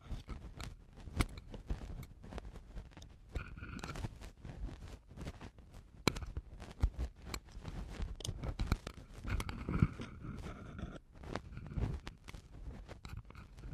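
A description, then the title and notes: Eardrum cleaning: a dense run of crackling, scratching and rubbing sounds with sharp clicks and pops arriving every fraction of a second. A low muffled thump runs underneath throughout, and brief squeaky scraping tones surface around four seconds and again near ten. Eardrum Cleaning (No Talking).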